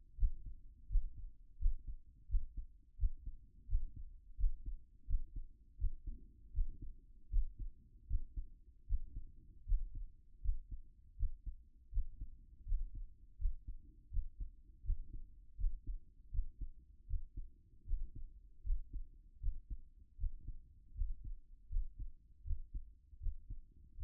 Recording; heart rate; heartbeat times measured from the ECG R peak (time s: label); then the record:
heart sounds by stethoscope; 80 bpm
0.16 s: heartbeat
0.87 s: heartbeat
1.58 s: heartbeat
2.27 s: heartbeat
2.97 s: heartbeat
3.66 s: heartbeat
4.36 s: heartbeat
5.06 s: heartbeat
5.77 s: heartbeat
6.52 s: heartbeat
7.29 s: heartbeat
8.06 s: heartbeat
8.85 s: heartbeat
9.64 s: heartbeat
10.40 s: heartbeat
11.15 s: heartbeat
11.90 s: heartbeat
12.64 s: heartbeat
13.37 s: heartbeat
14.09 s: heartbeat
14.82 s: heartbeat
15.55 s: heartbeat
16.30 s: heartbeat
17.06 s: heartbeat
17.84 s: heartbeat
18.62 s: heartbeat
19.39 s: heartbeat
20.16 s: heartbeat
20.92 s: heartbeat
21.68 s: heartbeat
22.43 s: heartbeat
23.19 s: heartbeat
23.95 s: heartbeat
From the record:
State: after exercise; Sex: male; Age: 28 years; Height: 182 cm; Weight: 70 kg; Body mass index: 21.13